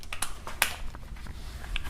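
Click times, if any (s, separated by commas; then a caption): 0.6 s. A click-type torque wrench set to about 10–11 Nm, to avoid breaking the bolt, tightens a timing cover bolt on a Hyundai Kia 2.4 GDI engine during timing chain installation. A few light ticks lead up to one sharp, bright click at 0.6 s, the loudest sound in the clip, then a smaller tick near 1.8 s over a low background hum. The click at 0.6 s shows the wrench reaching its set torque.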